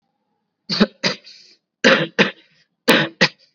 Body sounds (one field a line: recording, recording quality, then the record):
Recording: heavy voluntary cough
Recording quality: excellent, no background noise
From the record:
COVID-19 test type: RT-PCR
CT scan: not taken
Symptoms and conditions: fever, muscle pain, another condition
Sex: male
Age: 18 years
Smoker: no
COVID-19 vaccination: both doses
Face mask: worn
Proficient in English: yes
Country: India